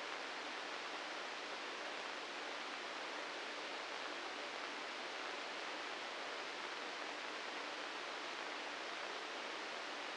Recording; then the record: brain microelectrode recording played as sound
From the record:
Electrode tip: inside the subthalamic nucleus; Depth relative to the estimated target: 1 mm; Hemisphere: right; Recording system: NeuroSet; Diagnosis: Parkinson's disease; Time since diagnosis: 9 years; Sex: male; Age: 61 years